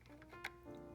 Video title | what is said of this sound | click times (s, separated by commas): Camera Workshop | you'll hear a little click sound and you know that it's all nice and secure | 0.5 s